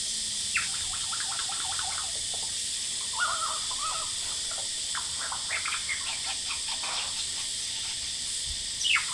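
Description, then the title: Superb lyrebird song, a varied run of sharp whistled notes, chips and short descending phrases, set against a loud, steady wash of cicada buzzing. Male, Horsfield Bay, New South Wales, Australia, 23 January 2017, singing vigorously outside a window by day; cicadas calling loudly. "Lyrebird - Horsfield Bay NSW, Jan 23 2017"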